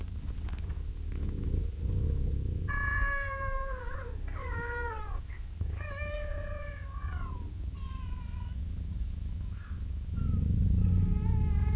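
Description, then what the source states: Cat giving several soft, drawn-out meows that rise and fall. Cat gently meowing and purring at long intervals.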